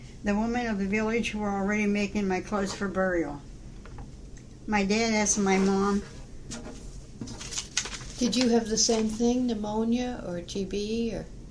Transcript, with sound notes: The women in the village were already making my clothes for burial. My dad asked my mom (shuffles papers)
Did you have the same thing? Pneumonia, or TB, or?